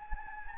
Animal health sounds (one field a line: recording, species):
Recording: mosquito wingbeat signal from an infrared sensor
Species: Anopheles gambiae